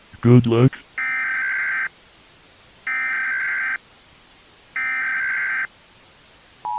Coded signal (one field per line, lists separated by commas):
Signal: Emergency Alert System (SAME) tones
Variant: header bursts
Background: speech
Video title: EAS I.B.I.C